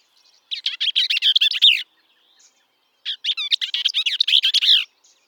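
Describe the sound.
Bell's vireo delivering two quick, bubbly, chattering phrases full of rapid slurred notes, separated by a pause of about a second.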